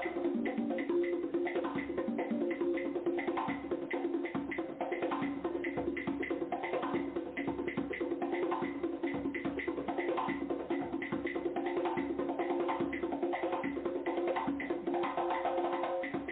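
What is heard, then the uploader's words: Drumming plays without pause, a dense, fast run of strikes that keeps a steady loudness for the whole stretch. The drums sit in a full, mid-low range with a sustained ringing tone underneath, and the recording sounds muffled, lacking any bright top. DRUMMING SOUNDS,VIBRATION FREQUENCIES.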